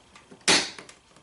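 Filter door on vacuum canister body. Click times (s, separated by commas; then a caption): 0.5 s. The plastic filter door on the body of a Kenmore Pet Friendly Lightweight Bagged Canister Vacuum Cleaner with Extended Telescoping Wand is pressed closed over the HEPA filter, pushing against the gasket. A loud, sharp snap at 0.5 s shows the door is shut and seated in place. Fainter small ticks come before and after it.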